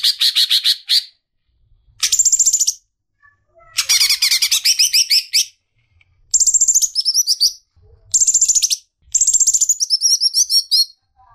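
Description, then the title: Leafbird song of short, rapid, high chattering bursts, repeated about every one to two seconds with brief gaps. "CUCAK IJO"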